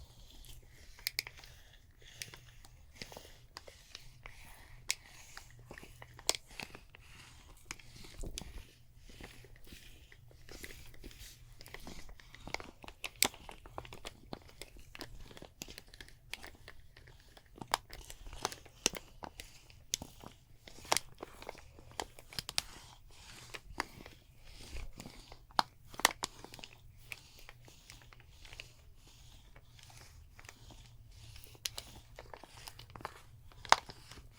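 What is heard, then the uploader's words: A massage plays out: dense, irregular clicks, rubs and soft crinkles, with sharper snaps every second or so. A steady low hum runs underneath throughout, and no voices are heard. ASMR Relaxing Neck & Shoulders MASSAGE (No Talking) Layered Sounds.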